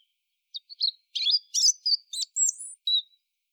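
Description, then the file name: European robin song: one short phrase of thin, high whistles and quick twittering notes, varied in pitch, ending on a short whistle. "Erithacus rubecula"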